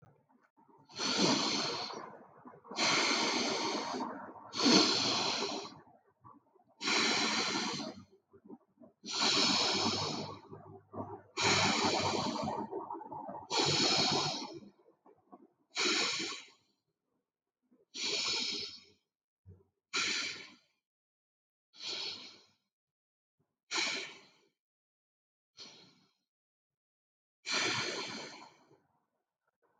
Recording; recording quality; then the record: deep breathing; excellent, no background noise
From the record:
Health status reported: healthy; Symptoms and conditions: none ticked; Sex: male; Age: 25 years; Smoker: not ticked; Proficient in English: yes